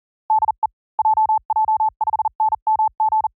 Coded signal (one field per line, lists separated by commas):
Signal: Morse code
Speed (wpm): 40 wpm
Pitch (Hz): 840 Hz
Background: none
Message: DE JJ5NMG